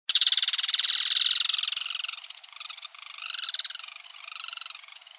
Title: LuckyPassaro Completos2Sama. Yellow-chinned Spinetail (Certhiaxis cinnamomeus)